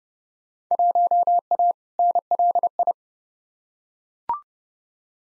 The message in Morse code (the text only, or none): 1A NLI